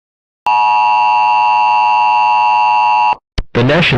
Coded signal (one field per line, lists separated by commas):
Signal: Emergency Alert System (SAME) tones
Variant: 853 and 960 Hz attention tone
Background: speech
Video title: Emergency Alert System Tornado Warning ⚠️ Part 1